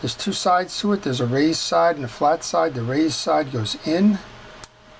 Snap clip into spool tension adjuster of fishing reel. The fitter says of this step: like that and you'll hear it snap